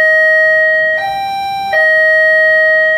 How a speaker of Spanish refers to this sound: Ese debe ser... ¿Cómo suena ese timbre? Yo creo que lo escucha en su casa y tiene un timbre similar, duda por el volumen.